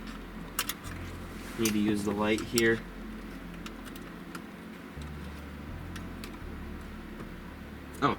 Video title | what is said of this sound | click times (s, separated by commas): MK7 Volkswagen GTI MIB1 - MIB2 Conversion Kit Install Video + 8" Glass Display (EuroZone Tuning) | do it till you hear a click | 0.6 s